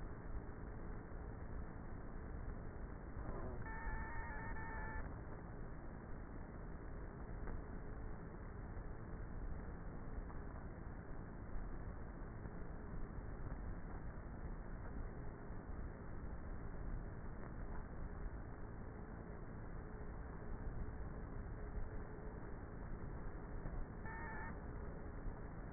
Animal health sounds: honeybee colony, microphone inside the hive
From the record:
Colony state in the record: queenless with a low population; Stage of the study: before two queens were removed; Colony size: about 30,000 bees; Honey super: no

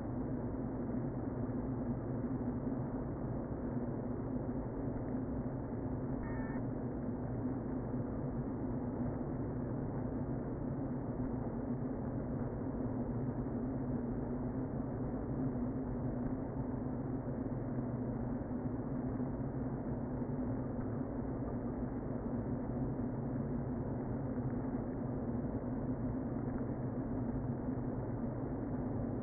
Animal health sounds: honeybee colony, microphone inside the hive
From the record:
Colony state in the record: queen present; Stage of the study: before two queens were removed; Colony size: about 60,000 bees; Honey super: yes

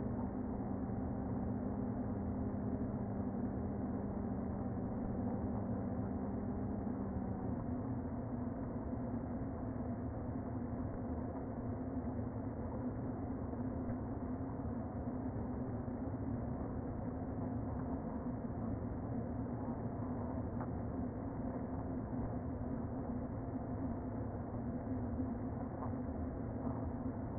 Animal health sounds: honeybee colony, microphone inside the hive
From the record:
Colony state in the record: queen present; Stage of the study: before two queens were removed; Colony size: about 60,000 bees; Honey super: yes

